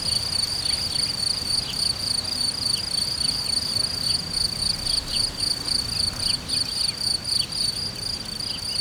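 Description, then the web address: Cricket: a persistent high pulsing trill over soft low background noise. Hortobágy, 2014, in nature. "tucsok. hortobagy"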